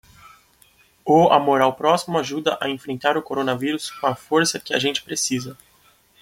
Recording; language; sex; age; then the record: spoken sentence; Brazilian Portuguese; male; 20 to 29 years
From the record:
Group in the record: control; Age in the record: 24 years